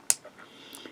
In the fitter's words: a nice little click on it